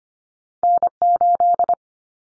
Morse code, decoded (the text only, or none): N8